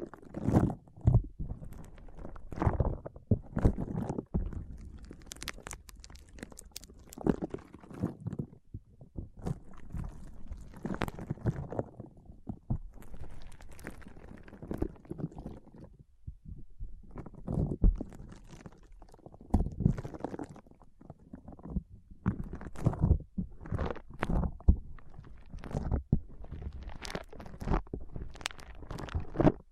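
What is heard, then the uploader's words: Foam being squeezed and rubbed in irregular bursts of soft crunching and rustling, with low thumps and brief quiet gaps throughout. ASMR Powerful Foam Brain Massage.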